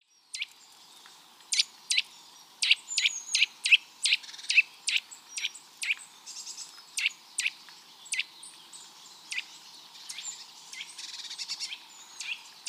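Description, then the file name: Eurasian nuthatch calling: clipped, piercing notes repeated quickly and unevenly, with faint softer chirps and a constant background hiss. "Sitta europaea"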